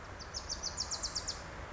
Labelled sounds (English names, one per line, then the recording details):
Bewick's Wren
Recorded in Sonoma County, California